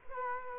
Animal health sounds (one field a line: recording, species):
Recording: mosquito wingbeat signal from an infrared sensor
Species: Culex quinquefasciatus